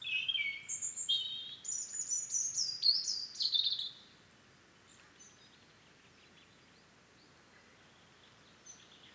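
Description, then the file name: European robin song, a run of high sweet warbled and trilled notes for about four seconds, then near silence with faint background hiss. "Erithacus rubecula"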